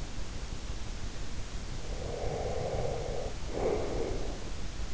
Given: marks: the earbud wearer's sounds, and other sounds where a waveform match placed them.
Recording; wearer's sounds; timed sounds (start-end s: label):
sounds in sleep by an in-ear microphone; breath
1.96-4.78 s: breath